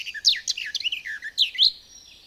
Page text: Звуки птиц - Садовая славка